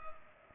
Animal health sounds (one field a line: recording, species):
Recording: mosquito wingbeat signal from an infrared sensor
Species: Culex pipiens